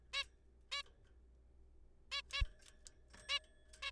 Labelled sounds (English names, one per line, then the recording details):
Zebra Finch
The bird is a juvenile
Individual R3428